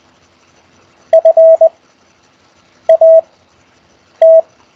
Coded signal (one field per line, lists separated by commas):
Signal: Morse code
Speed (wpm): 20 wpm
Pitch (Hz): 650 Hz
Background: none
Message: FAT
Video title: CW Morse Code QSO Practice Over Skype Week Eight